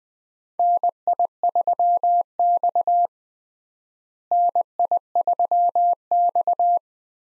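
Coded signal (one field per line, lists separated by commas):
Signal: Morse code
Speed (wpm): 20 wpm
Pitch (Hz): 700 Hz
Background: none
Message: NI3X NI3X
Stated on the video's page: Morse call sign head-copy drill at 20 wpm: US 4-character call signs, each sent twice, then sent again.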